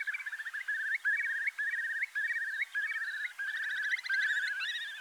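Curlew giving rapid trilled, bubbling notes in short bursts about every half second, with only brief gaps between them.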